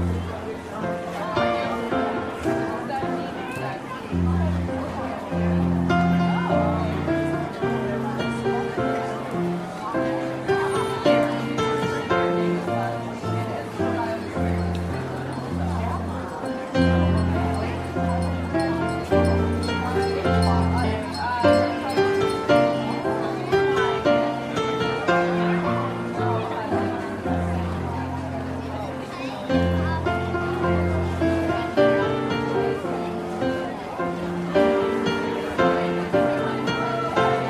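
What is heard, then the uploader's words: Holiday tunes play on a jazz piano, with full chords and a walking low line moving at a steady, relaxed pace. The playing stays even in loudness throughout, while a soft murmur of market voices and bustle sits underneath. Calming Holiday Jazz Piano and Market Ambience. Classic holiday tunes play on the piano, and all are merry and warm.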